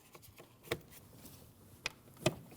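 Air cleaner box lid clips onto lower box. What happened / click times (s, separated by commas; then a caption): Three housing clips snapped shut / 0.7 s, 1.9 s, 2.3 s. The three plastic/metal spring clips on the air cleaner box of a 2012-2016 Honda CR-V 2.4L L4 are snapped closed one after another, clipping the lid onto the lower box. Three sharp, loud snaps are heard at 0.7, 1.9 and 2.3 seconds over a quiet background. The air box is seated and secured.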